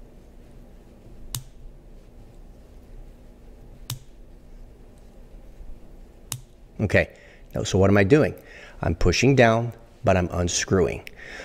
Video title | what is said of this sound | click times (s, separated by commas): AnyRidge Abutment Removal - How to use the Abutment Removal Driver | so when i hear that actual click that means i am disengaged | 1.3 s, 3.9 s, 6.3 s